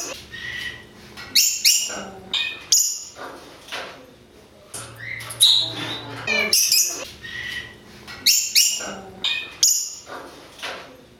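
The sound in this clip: Parrot calls, a repeated pattern of shrill squawks and bright whistles in irregular bursts, with pauses between.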